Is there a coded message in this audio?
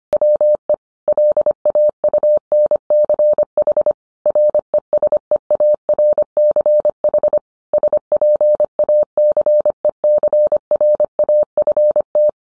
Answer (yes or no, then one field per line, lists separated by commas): yes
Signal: Morse code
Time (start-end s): 0.1-12.3 s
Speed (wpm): 25 wpm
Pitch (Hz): 600 Hz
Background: none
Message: WE LAUNCH RESEARCH SPACECRAFT